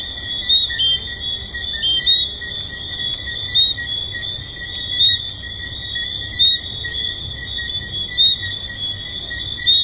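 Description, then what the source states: Tree frogs call in a shrill continuous chorus; louder whistled notes stand out at irregular intervals. Tree frogs recorded at Hedonism II resort.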